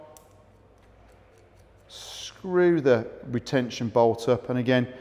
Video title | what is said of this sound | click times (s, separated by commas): Rohloff Speedhub wheel removal and installation | nice little click on, screw the | 0.2 s